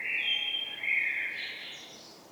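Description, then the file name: Common blackbird in full song, a loud, continuous, mellow warble that climbs into a higher, scratchy twitter before fading out. "Turdus merula"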